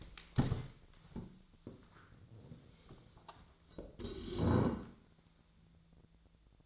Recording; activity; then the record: daily activity, microphone in the room; stand up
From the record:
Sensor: 3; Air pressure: 1000.5 hPa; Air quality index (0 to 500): 168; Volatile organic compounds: 3 ppm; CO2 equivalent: 1466 ppm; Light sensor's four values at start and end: 17/40/17/18 and 17/39/17/18